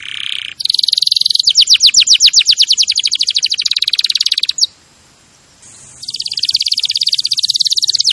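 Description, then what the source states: Canary song: a low buzzy phrase, then fast rolling trills, a brief pause of near silence, and another rapid rattling trill. Champion canary song used as a master recording for training other birds.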